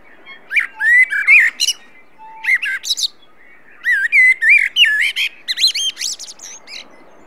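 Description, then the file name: Common blackbird singing: mellow fluted warbles mixed with thin, high squeaky twitters, in three phrases separated by short pauses. "Turdus merula"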